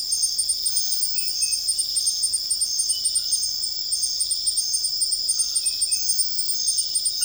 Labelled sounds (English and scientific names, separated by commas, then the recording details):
none
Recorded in dense forest near Puerto Asís, Putumayo, Colombia, on 20 February 2024 at 03:30
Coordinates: 0.481, -76.318
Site G6421